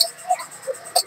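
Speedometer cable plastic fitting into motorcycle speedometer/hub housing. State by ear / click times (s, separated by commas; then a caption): seated / 0.0 s. The plastic fitting of a new motorcycle speedometer cable is pushed into the speedometer/hub housing and locks in with a sharp click at 0.0 s. Fainter ticks follow around 0.3 s and 0.7 s, and a brighter bright-edged tap comes near 1.0 s. The fitting is seated.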